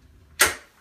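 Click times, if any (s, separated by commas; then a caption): 0.4 s. After the red release lever on a bath transfer bench is pressed and the seat is slid or swivelled, the sliding seat locks into the bench frame with a single sharp mechanical click at 0.4 seconds. The click rings briefly and fades, and the seat is locked in place.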